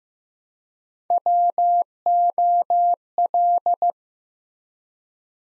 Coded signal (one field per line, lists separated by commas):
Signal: Morse code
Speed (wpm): 15 wpm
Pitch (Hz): 700 Hz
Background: none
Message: WOL